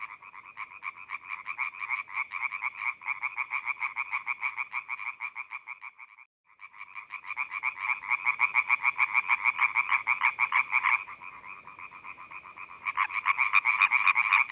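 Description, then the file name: European tree frog giving rapid, rattling pulsed croaks in long runs, a short gap midway, then calling resumes. "laubfrosch"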